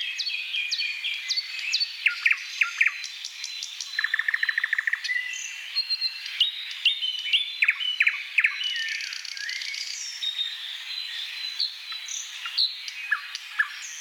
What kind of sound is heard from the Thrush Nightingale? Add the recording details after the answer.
song. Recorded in the wild. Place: Selenter See, Schleswig-Holstein, DE. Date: 1982-06-02. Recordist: Schwarz, Dieter